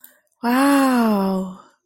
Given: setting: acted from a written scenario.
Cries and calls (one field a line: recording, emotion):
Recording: vocal sound without words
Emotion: positive surprise